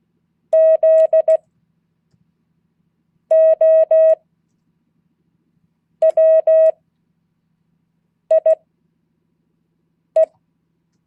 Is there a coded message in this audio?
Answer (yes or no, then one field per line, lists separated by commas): yes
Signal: Morse code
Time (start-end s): 0.5-10.3 s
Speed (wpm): 16 wpm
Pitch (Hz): 640 Hz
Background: none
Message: ZOWIE